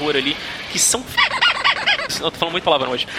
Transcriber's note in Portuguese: risos